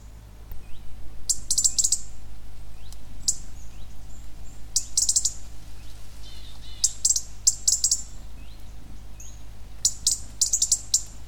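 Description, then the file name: European robin giving sharp high ticking calls in quick clusters every couple of seconds, with thin drawn-out high whistles in between, over a steady low hum. "Erithacus rubecula"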